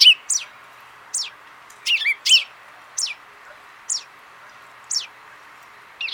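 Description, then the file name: Common chaffinch calls: short, sharp downward-sweeping high notes given singly or in quick pairs, over a steady background hiss. "Fringilla coelebs"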